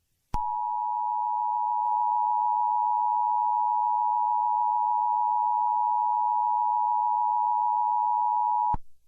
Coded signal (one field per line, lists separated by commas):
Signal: Emergency Alert System (SAME) tones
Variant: 853 and 960 Hz attention tone